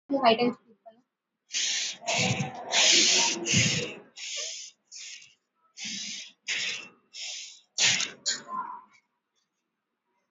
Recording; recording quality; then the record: shallow breathing; excellent, no background noise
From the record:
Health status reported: COVID-19 positive, no symptoms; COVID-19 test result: positive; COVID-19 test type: RT-PCR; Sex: female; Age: 23 years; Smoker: no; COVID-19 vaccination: both doses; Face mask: worn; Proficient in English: yes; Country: India